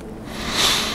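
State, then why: Not seated. A right-angle grease adapter is handled and slid toward a grease zerk fitting on a vehicle, with a soft, steady broadband rustle that builds and peaks around 0.6 s. Nothing has clicked or locked on yet.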